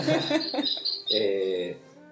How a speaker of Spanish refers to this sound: ¿Un pajarito? Sí, hay pájaro en mi casa.